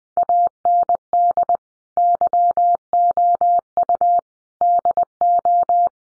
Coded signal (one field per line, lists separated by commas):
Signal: Morse code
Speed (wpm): 20 wpm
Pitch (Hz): 700 Hz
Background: none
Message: AND YOU DO